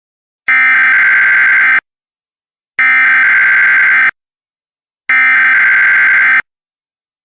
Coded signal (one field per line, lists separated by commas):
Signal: Emergency Alert System (SAME) tones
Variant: header bursts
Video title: DirecTV EAS Test